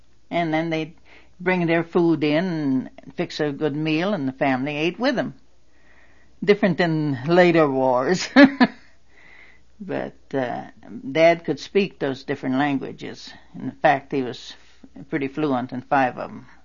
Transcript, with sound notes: and then they'd bring their food in and fix a good meal and the family ate with them. Different than later wars. (She laughs.) But dad could speak those different languages. In fact, he was pretty fluent in five of them.